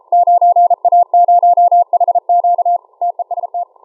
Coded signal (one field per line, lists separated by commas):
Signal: Morse code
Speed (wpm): 33 wpm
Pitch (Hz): 700 Hz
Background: none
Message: 9A0HQ TEST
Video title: Morse Code Decoded using Sorcerer on HD SDR ~ 13/07/2019